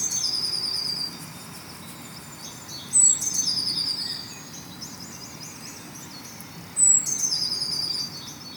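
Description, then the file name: Eurasian blue tit song: high, piercing notes dropping into a short trill, repeated every few seconds, with soft twittering between phrases. "Cyanistes caeruleus"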